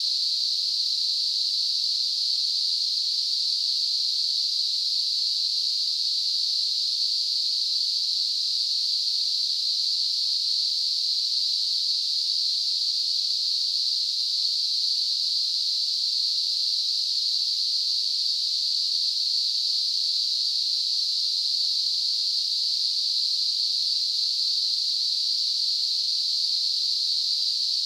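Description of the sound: A steady, high-pitched hissing band of noise holds at constant loudness for about 28 seconds, with no breaks or changes. It is a simulation of tinnitus, the ringing or hissing heard in the ears without an outside source.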